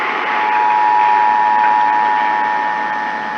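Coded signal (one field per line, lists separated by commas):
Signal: Emergency Alert System (SAME) tones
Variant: 853 and 960 Hz attention tone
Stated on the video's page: Emergency Alert System Required Weekly and Required Monthly Tests from August 2020.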